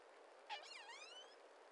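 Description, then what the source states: Pilot whale whistle: a brief burst, then a tone that slides steeply down and sweeps back up with layered overtones. Pilot whales, call type 36.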